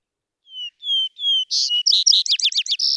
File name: Vesper Sparrow